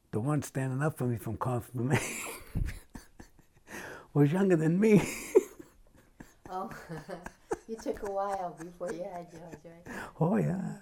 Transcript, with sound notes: The one standing up for me for Confirmation was younger than me! [laughs]
Oh. [laughs] You took a while before you had yours, right?
Oh yeah.